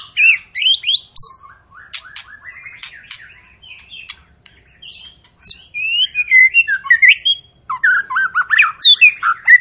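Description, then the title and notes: White-rumped shama song: varied whistles and sharp clicks, a softer twittering passage, then loud rapid slurred phrases repeated in quick succession. Lure song (pancingan) meant to make birds sing; long, gacor-style singing. "Pancingan Murai Batu Gacor Panjang. muraiku"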